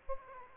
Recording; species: mosquito wingbeat signal from an infrared sensor; Aedes aegypti